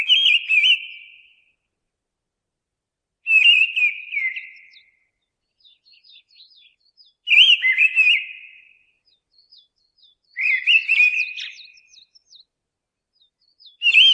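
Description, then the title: Mistle thrush delivering repeated short whistled song phrases every three to four seconds, loud fluty notes with softer faint twitters in the pauses. "BURUNgLainna. Mistle Thrush (Turdus viscivorus)"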